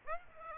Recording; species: mosquito wingbeat signal from an infrared sensor; Aedes aegypti